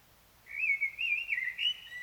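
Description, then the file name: Common blackbird song: one unbroken, rich fluting phrase that wavers up and down for over a second and a half. "Turdus merula"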